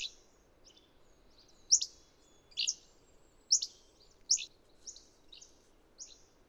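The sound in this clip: Bird chirping, sharp high notes with a few faint thin tones between them, irregularly spaced, over a quiet background hiss.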